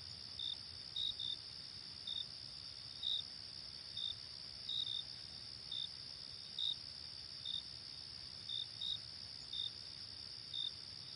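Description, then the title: Cricket chirps repeating over eleven seconds, short high pulses in singles and doubles at irregular spacing, set against an unbroken shrill insect buzz. Night ambience. "Night Ambience with Cricket Sound"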